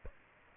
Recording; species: mosquito wingbeat signal from an infrared sensor; Aedes aegypti